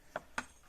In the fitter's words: and and they pop out one two it's like two clicks